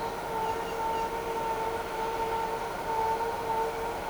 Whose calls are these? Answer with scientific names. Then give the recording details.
none. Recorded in shrubland near Pivijay, Magdalena, Colombia, on 14 April 2023 at 18:00. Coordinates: 10.453, -74.365. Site P5-G022